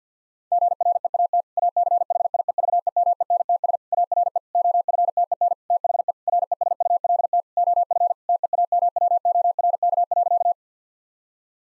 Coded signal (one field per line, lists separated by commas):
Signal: Morse code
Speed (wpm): 50 wpm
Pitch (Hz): 700 Hz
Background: none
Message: GREAT ACHIEVEMENTS ARE OFTEN THE RESULT OF TEAMWORK.